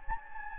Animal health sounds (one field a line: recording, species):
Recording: mosquito wingbeat signal from an infrared sensor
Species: Anopheles gambiae